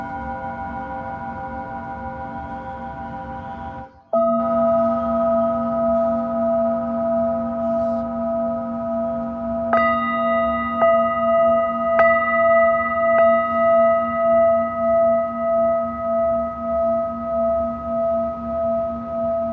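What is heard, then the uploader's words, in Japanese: A Tibetan singing bowl hums steadily, briefly cuts out near four seconds, then is struck around ten and twelve seconds, its ringing tone pulsing slowly. メキシコから シンギングボウルのサウンドヒーリング。チベタンシンギングボウル。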